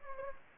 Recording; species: mosquito wingbeat signal from an infrared sensor; Anopheles gambiae